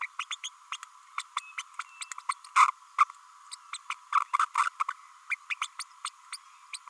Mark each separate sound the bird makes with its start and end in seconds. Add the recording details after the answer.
0.01-0.07, 0.19-0.25, 0.30-0.35, 0.43-0.49, 0.72-0.76, 1.18-1.22, 1.36-1.40, 1.58-1.62, 1.79-1.83, 2.01-2.04, 2.29-2.33, 2.56-2.71, 2.98-3.04, 3.52-3.55, 3.73-3.77, 3.90-3.94, 4.12-4.19, 4.33-4.37, 4.57-4.69, 4.80-4.84, 4.88-4.93, 5.30-5.35, 5.61-5.67, 5.79-5.83, 6.05-6.09, 6.32-6.37, 6.73-6.78. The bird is a female. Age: 30 days. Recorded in a nest box in Venezuela. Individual 17B32A5